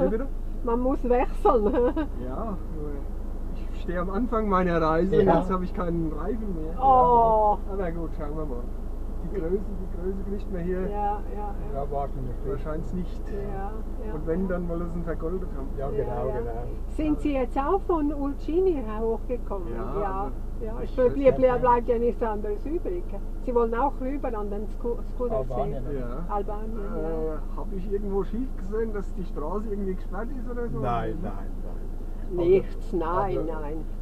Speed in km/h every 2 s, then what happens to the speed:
0, 0, 0, 0, 0, 0, 0, 0, 0, 0, 0, 0, 0, 0, 0, 0, 0.
0-34 standing.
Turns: none.